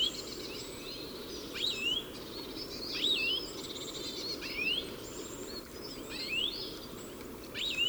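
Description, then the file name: European goldfinch calling: scattered bright, tinkling twitters with looping slurred notes every second or two, alongside low continuous background noise. "Carduelis carduelis"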